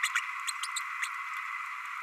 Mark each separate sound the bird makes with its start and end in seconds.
0.03-0.08, 0.47-0.52